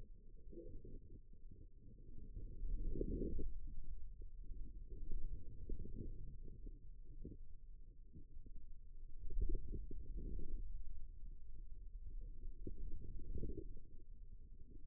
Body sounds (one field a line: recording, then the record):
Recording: forearm muscle sounds (acoustic myography)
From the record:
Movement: radial deviation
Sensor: system 2, bracelet of six BSWA MPA416 microphones around the upper forearm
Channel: 4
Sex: male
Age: 22 years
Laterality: right